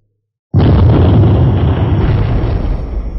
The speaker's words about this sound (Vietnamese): Tiếng nổ không ngừng vang vọng sơn cốc. Mặt đất lập tức nứt ra từ chỗ hai tay của Hàng Lập, hơn nữa còn không ngừng lan ra xung quanh.